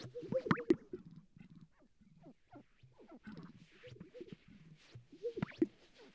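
Sage-grouse strutting display: low gulping coos ending in sharp double pops, near the start and again after five seconds, with softer calls between.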